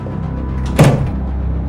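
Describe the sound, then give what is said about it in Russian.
A door closes with one short, fairly loud thud and a brief rattle as a man walks out, set against a steady low hum. No voices are heard. “отступает к двери, разворачивается и выходит.”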